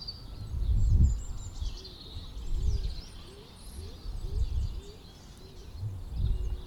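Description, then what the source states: Bird song of high twittering phrases and a few short rising notes, while gusts of wind swell and fade repeatedly. Birds in St Albans, with wind.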